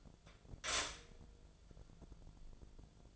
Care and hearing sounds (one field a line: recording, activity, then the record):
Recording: daily activity, microphone in the room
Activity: stop toaster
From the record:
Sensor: 5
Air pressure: 1000.3 hPa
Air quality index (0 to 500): 134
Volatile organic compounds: 2 ppm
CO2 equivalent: 1056 ppm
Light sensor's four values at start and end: 74/173/73/78 and 75/175/74/79